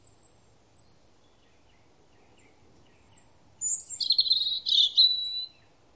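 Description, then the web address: High-pitched bird twittering: faint scattered chirps, then a busy run of quick, slurred high notes lasting about two seconds. "cianscape birddata Deverinetal 2025"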